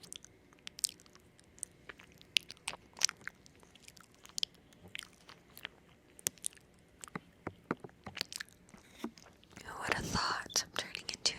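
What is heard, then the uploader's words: Crisp eating sounds: sharp crunches and clicks of chewing come in quick irregular bursts, some loud and bright, others faint. Around ten seconds a denser, louder stretch of wet munching and rustling takes over before the clicks return. ASMR Halloween Ear Noms.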